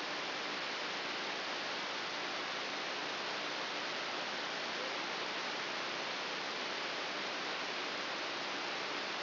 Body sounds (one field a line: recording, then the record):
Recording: brain microelectrode recording played as sound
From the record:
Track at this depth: inside the subthalamic nucleus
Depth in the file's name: 3.801 mm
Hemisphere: right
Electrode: 3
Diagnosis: Parkinson's disease